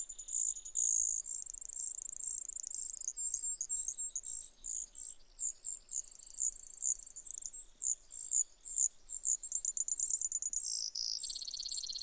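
Brewer's sparrow song, long sequence of high, rapid trills and buzzes interspersed with short chirped notes, changing pitch and rhythm throughout.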